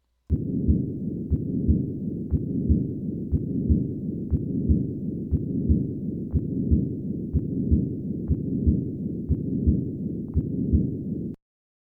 Patent Ductus Arteriosus. Patent ductus arteriosus accounts for 10% of congenital heart disease and results in a classic continuous murmur heard at the second left intercostal space.